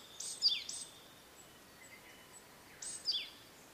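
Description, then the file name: Blue-and-white flycatcher song: two brief high whistled phrases with quick downslurred notes, a pause of about two seconds between them, over faint hiss. "oruri"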